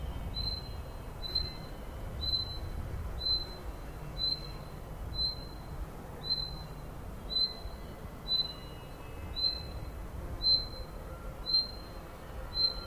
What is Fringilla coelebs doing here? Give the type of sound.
call